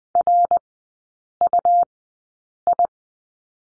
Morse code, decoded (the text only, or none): RUI